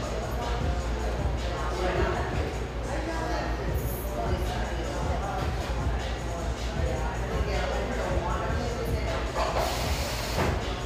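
Bustling café background noise: many overlapping voices murmur and chatter without a break, forming a dense, steady wash. A low rumble runs underneath throughout, with brief brighter clinks and hisses around four seconds and again near ten seconds.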